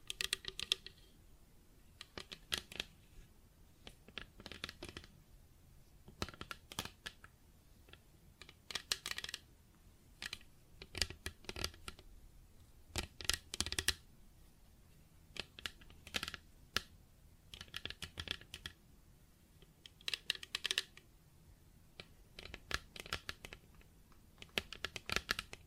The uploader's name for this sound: Plastic Objects Tapping and Scratching